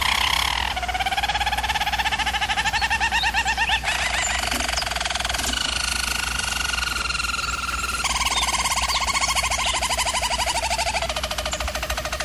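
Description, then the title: German Roller canary song made of long rolling trills, each tour held several seconds before switching pitch, with a steady low hum underneath. German Roller canary singing, for canary training. "German Roller Canary Singing - Canary Training Vid"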